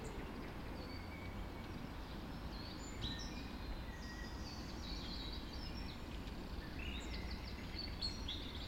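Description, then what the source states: Birds in a dawn chorus, scattered high chirps and short whistles from several singers over a steady low rumble. Dawn chorus recorded just after dawn in the Forest of Dean.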